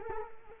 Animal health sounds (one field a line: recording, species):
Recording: mosquito wingbeat signal from an infrared sensor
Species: Culex quinquefasciatus